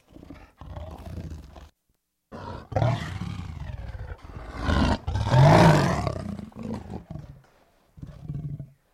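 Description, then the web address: Tiger roars, deep and rasping, rising to a loud harsh peak midway, with shorter growling bursts before and after. "big cats|tigers"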